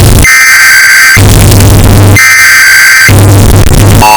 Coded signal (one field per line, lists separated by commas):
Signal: Emergency Alert System (SAME) tones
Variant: header bursts